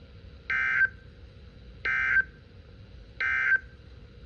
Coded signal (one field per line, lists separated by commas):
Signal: Emergency Alert System (SAME) tones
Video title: EAS ALERTS 5881-5893 FROM 06/17/24